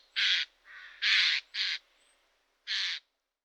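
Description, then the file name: Eurasian jay rasping screech calls: a loud harsh burst, a softer one, two more in quick succession, then a last screech after a short pause. "Geai-des-chênes"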